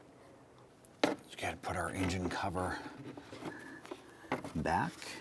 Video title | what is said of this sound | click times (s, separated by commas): How to Replace Throttle Body Assembly 2011-2018 Ram 1500 | press that in it'll snap into place and then press our little red lock tab into place and | 1.0 s